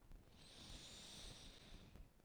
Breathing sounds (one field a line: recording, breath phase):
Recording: one breath near a microphone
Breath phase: inhalation